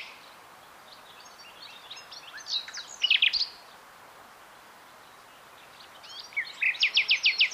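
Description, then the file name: Common nightingale song: a varied burst of sharp chirps and whistles, a pause, then a fast series of about seven loud repeated notes, over steady background hiss. "Luscinia megarhynchos"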